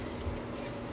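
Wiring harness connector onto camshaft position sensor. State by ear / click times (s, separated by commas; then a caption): not seated / none. An electrical wiring harness connector is handled and pushed back toward the new camshaft position sensor on the engine of a 2013-2019 Nissan Sentra. Only a steady, faint rubbing and handling noise is heard, with no sharp transients. The connector has not clicked or seated yet.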